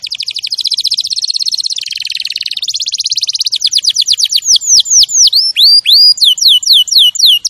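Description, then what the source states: Canary song opening with long rapid high rolls and trills, changing into slower repeated swooping whistles that dip and rise. Champion canary song used as a master recording for training other birds.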